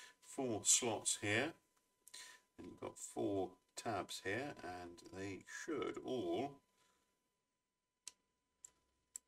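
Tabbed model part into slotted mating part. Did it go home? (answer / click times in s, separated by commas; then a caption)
yes / 8.1 s, 8.7 s, 9.2 s. Two plastic parts of a Microaces Nieuport 17 model are mated, a tabbed part pressed into a slotted mating part with four tabs going into four slots, while someone talks. After the talking stops, three short, sharp clicks come at 8.1, 8.7 and 9.2 seconds as the tabs pop into the slots and the parts seat.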